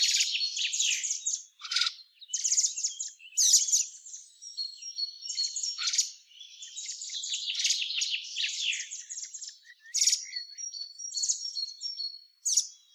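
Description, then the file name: Eurasian blackbird uttering a busy, near-continuous stream of high chattering and chirping notes, with occasional thin whistled tones woven through. "Turdus merula"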